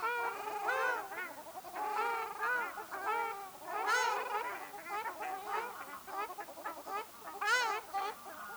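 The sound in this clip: Ruddy shelduck calls, a busy chorus of nasal, trumpeting honks from several birds overlapping throughout.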